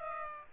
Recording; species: mosquito wingbeat signal from an infrared sensor; Aedes aegypti